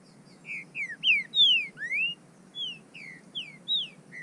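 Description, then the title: Bird whistling a quick series of clear slurred notes, mostly dropping in pitch with one rising, against quiet background hiss. "burung"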